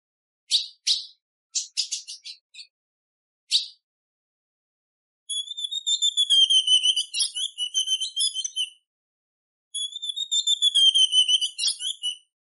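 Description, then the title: Ultramarine grosbeak calls: scattered sharp chips, then two long bouts of rapid trilled series of high, thin notes. Female ultramarine grosbeak calling, soliciting mating; used to warm up and stimulate males. "PIADO DE AZULÃ O FÊ MEA Esquenta Qualquer Azulão!. Fêmea Azulão pedindo gala macheando"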